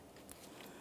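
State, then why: Seated. A wiring harness electrical connector is pressed by hand onto a new engine oil pressure switch on a 2012-2015 Honda Civic 1.8L L4. A sharp click at 0.3 s marks it seating, followed by a softer sound around 0.6 s. The connector is seated, and a light tug confirms it is secured so it won't fall off while driving.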